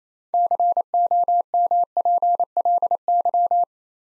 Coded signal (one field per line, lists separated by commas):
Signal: Morse code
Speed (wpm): 29 wpm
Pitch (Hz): 700 Hz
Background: none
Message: COMPLY